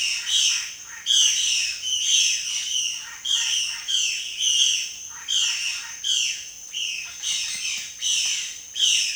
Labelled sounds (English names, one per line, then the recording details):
Violaceous Jay
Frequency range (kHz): Violaceous Jay 1.1-7.6 kHz
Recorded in secondary vegetation near Puerto Asís, Putumayo, Colombia, on 19 June 2025 at 11:00
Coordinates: 0.485, -76.322
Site GP06